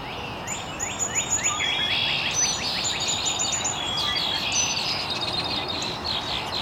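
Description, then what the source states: Bird chirping in a quick run of sharp downslurred notes, several per second, with other high twitters layered above, against a constant rushing noise. Birds chirping very early in the morning in an estuary.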